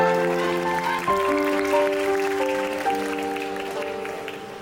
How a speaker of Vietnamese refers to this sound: Một tràng pháo tay thật lớn cho pianist